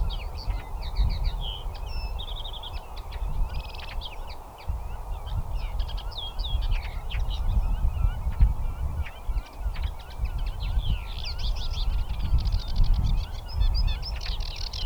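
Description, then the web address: Common linnet song, bursts of quick twittering and short whistled notes with pauses between phrases, over loud rumbling wind noise. "kneu carduelis cannabina"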